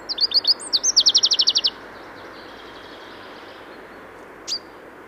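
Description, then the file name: Common chaffinch gives a quick trill of rapid notes, then a single sharp high call note after a pause. "Fringilla coelebs"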